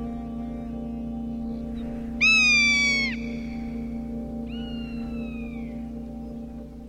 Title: Rough-legged Hawk